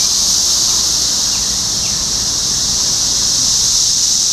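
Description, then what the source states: Cicadas in a dense chorus, a steady high buzzing drone that holds unbroken throughout, with a couple of faint brief chirps partway through. Cicadas in Topeka, Kansas, USA, on 14 June 2015.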